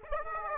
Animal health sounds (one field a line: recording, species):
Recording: mosquito wingbeat signal from an infrared sensor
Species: Aedes aegypti